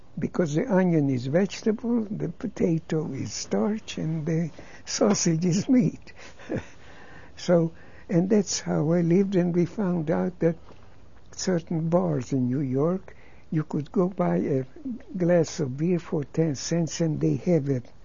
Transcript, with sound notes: Because the onion is vegetable, the potato is starch, and the sausage is meat. ( he laughs ) So, and that's how I lived, and we found out that at certain bars in New York you could go buy a glass of beer for ten cents and they have